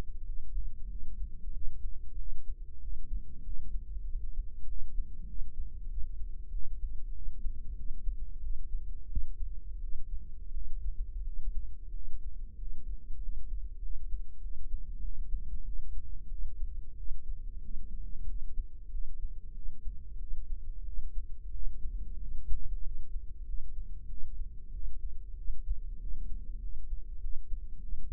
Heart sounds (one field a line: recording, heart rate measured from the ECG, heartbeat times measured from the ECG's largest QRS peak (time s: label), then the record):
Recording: heart sounds by microphone in the right ear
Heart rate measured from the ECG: 94 bpm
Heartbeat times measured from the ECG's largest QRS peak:
0.25 s: heartbeat
0.88 s: heartbeat
1.52 s: heartbeat
2.16 s: heartbeat
2.80 s: heartbeat
3.43 s: heartbeat
4.06 s: heartbeat
4.66 s: heartbeat
5.26 s: heartbeat
5.88 s: heartbeat
6.51 s: heartbeat
7.13 s: heartbeat
7.75 s: heartbeat
8.41 s: heartbeat
9.08 s: heartbeat
9.79 s: heartbeat
10.52 s: heartbeat
11.23 s: heartbeat
11.92 s: heartbeat
12.57 s: heartbeat
13.20 s: heartbeat
13.80 s: heartbeat
14.40 s: heartbeat
15.00 s: heartbeat
15.64 s: heartbeat
16.29 s: heartbeat
16.95 s: heartbeat
17.61 s: heartbeat
18.26 s: heartbeat
18.90 s: heartbeat
19.53 s: heartbeat
20.18 s: heartbeat
20.84 s: heartbeat
21.51 s: heartbeat
22.18 s: heartbeat
22.82 s: heartbeat
23.45 s: heartbeat
24.07 s: heartbeat
24.71 s: heartbeat
25.35 s: heartbeat
25.98 s: heartbeat
26.59 s: heartbeat
27.20 s: heartbeat
27.79 s: heartbeat
From the record:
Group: healthy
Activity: cold pressor test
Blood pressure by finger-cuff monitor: 143/89 mmHg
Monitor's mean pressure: 103 mmHg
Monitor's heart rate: 94 bpm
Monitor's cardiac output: 7.9 L/min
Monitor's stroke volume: 84 mL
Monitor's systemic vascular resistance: 970 dyn s/cm5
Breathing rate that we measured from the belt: 13 breaths a minute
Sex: male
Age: 23 years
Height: 179 cm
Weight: 87 kg